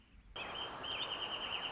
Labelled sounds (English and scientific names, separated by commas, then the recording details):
Wrentit (Chamaea fasciata)
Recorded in Sonoma County, California